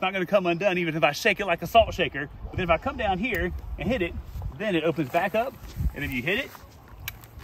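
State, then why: Seated. Someone talks for most of the clip while demonstrating the plastic dual lock on the frame of a folding camp chair made from recycled water bottles. After talking, they push the lock back into place by hand, and it gives a sharp click at 7.1 s as it seats and locks.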